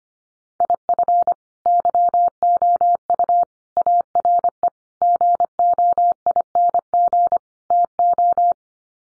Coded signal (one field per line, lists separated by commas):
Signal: Morse code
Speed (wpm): 25 wpm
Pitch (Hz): 700 Hz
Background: none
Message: IF YOU ARE GOING TO